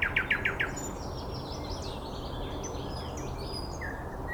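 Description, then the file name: Bird song: a short, quick trill of bright notes at the start, then faint high chirps over steady background hiss. Recorded 9 May 2014 at 06:39. "birds 140509 0639"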